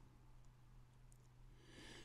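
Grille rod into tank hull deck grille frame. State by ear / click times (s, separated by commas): not seated / none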